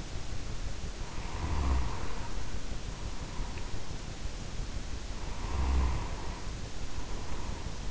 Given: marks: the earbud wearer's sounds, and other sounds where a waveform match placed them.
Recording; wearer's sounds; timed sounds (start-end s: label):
sounds in sleep by an in-ear microphone; snoring breath
0.93-4.02 s: snoring breath
5.07-7.91 s: snoring breath